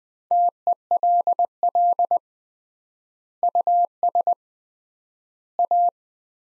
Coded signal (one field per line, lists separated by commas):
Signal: Morse code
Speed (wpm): 19 wpm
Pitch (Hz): 700 Hz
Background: none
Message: TELL US A